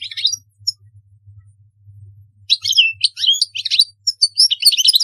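European goldfinch giving a short twittering phrase, a pause with low hum, then several choppy bursts of high chirps and slurred notes.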